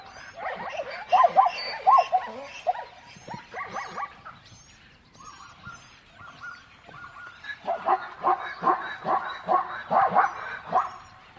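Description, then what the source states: Dogs yelping, whining and barking in irregular bursts, with a quieter whining stretch midway before a run of louder calls resumes. Dogs in a savannah soundscape.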